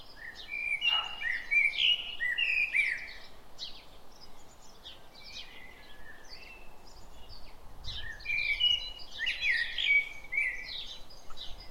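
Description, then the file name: Common blackbird singing rich warbled phrases in the opening three seconds and again from eight seconds, over a dense backdrop of thin high chirps and trills. "Turdus merula"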